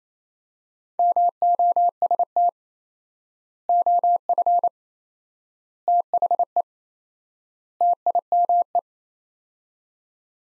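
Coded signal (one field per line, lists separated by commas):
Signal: Morse code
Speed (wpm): 27 wpm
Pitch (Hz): 700 Hz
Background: none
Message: MOST OF THE TIME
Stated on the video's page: Morse practice at 28 wpm, four-word sets with 4x word spacing, Farnsworth-like method using words; each set is sent, then spoken.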